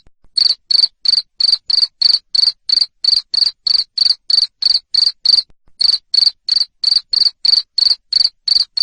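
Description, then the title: Cricket repeating loud raspy chirps about three times a second, with one short pause partway through. Loud cricket chirping used to stimulate lovebirds to sing continuously. "Suara JANGKRIK NGERIK Keras Bikin LOVEBIRD Jadi NGEKEK Terus Vubey"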